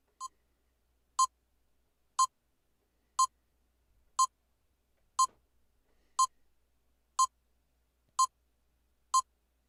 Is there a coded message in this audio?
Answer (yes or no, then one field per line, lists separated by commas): no